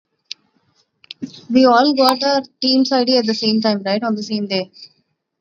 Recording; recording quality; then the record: shallow breathing; poor, much background noise or distortion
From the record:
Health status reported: recovered from COVID-19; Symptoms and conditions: none ticked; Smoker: not ticked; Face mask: not worn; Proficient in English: no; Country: India